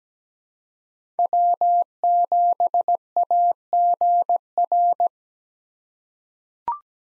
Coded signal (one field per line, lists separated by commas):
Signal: Morse code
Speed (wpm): 17 wpm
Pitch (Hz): 700 Hz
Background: none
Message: W7AGR